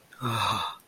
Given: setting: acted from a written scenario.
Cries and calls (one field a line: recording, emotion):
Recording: vocal sound without words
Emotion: desire